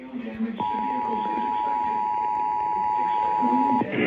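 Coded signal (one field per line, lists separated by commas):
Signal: Emergency Alert System (SAME) tones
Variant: 853 and 960 Hz attention tone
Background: speech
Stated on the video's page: EAS alerts, mostly Severe Thunderstorm and some Tornado Warnings, from a line of nighttime storms, with the weather radio transmitter under routine maintenance.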